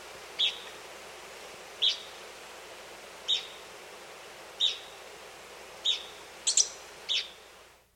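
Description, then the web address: Dull-mantled antbird giving short, sharp high notes at fairly even intervals, with a quick cluster near the end, over a steady hiss of background noise. South America. "Natures Songs S America Dull-Mantled Antbird"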